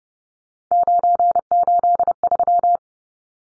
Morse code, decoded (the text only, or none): 983